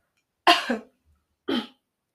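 Two short, dry coughs from an adult woman about a second apart, the first with a quick double burst; an ordinary cough.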